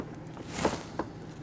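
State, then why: Not seated. On a 2006-2012 Toyota RAV4 rear liftgate, during a lock actuator replacement, the wiring harness plug for the liftgate light is lined up by hand against its socket. There is a soft rustling swell around 0.5–0.8 s and a brief sharp tick near 1.0 s. Nothing has seated or clicked in yet.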